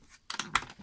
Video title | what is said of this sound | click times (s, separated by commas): camping car 2 fonctionnement | Là, c'est verrouillé, parce que sinon, au premier virage, ça va s'ouvrir. | 0.3 s